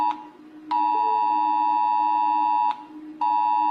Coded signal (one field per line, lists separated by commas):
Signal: Emergency Alert System (SAME) tones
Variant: 853 and 960 Hz attention tone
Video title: Rating EAS alarms from around the world based on how scary they are